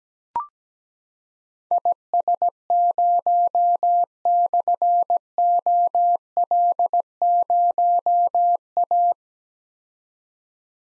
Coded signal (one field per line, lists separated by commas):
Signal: Morse code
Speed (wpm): 17 wpm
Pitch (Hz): 700 Hz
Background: none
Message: IS0/OL0A